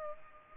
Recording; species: mosquito wingbeat signal from an infrared sensor; Culex pipiens